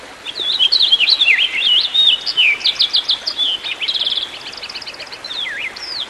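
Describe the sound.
Songbird song: an unbroken, lively warble of swooping whistles, quick buzzy trills and repeated chirps, with light background hiss.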